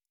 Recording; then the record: hydrophone in a shrimp aquaculture tank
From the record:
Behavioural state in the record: normal